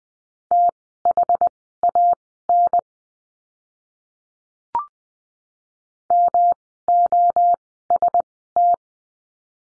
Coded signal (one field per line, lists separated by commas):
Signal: Morse code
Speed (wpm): 20 wpm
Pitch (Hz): 700 Hz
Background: none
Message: THAN MOST